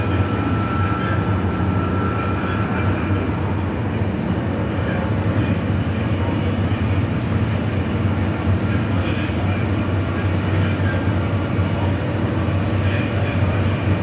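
A train ride with rattling tracks: a steady, dense low rumble runs the whole time without letting up. Faint higher tones drift in and out above it, and a few soft, brief sounds surface around nine and thirteen seconds.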